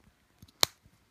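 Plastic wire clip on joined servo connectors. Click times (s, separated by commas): 0.6 s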